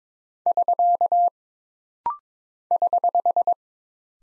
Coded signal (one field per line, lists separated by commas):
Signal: Morse code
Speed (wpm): 22 wpm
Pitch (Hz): 700 Hz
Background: none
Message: <SK> <HH>